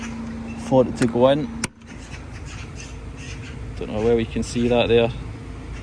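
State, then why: Not seated. A locating pin is lined up with its hole on a bucket truck's controls and handled toward it while someone talks over a steady low hum, with a brief sharp transient around 1.7 s. Nothing has seated or clicked yet.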